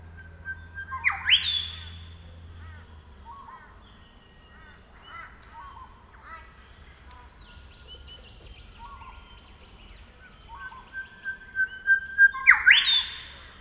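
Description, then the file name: Grey shrike-thrush: a loud upswept whistle opens, soft scattered notes follow, then another loud rising whistle near the end. "Colluricincla Harmonica"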